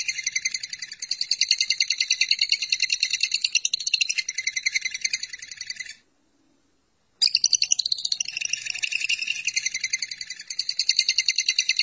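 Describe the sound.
Lovebird song of continuous rapid, scratchy chattering, pausing briefly for about a second midway before resuming just as fast.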